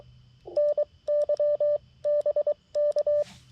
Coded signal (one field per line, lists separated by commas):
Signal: Morse code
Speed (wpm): 21 wpm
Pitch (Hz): 590 Hz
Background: none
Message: NYBK